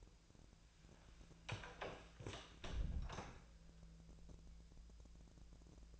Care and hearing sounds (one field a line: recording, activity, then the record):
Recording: daily activity, microphone in the room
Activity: close door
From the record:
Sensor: 2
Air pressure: 1000.3 hPa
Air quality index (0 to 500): 171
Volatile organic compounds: 3 ppm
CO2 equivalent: 1421 ppm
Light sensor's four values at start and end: 10/24/10/11 and 10/23/10/10